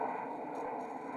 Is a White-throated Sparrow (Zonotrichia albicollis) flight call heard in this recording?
no